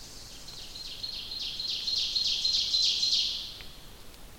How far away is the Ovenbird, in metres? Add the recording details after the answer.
about 30 m. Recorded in boreal forest in Alberta, Canada, on 29 May 2016 at 08:51. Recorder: SongMeter 3, array SBT-3-49. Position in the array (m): 79 m, 223 m. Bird 14